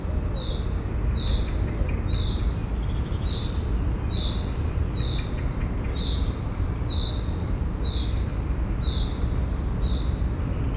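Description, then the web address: Field cricket chirping: short, pure, high-pitched pulses repeated about once a second, steady throughout, over a constant low rumble of traffic. Recorded at a zoo in Szeged, Hungary, in 2011, with distant traffic noise. "szegedizoo 2011 standardt mezeitucsok"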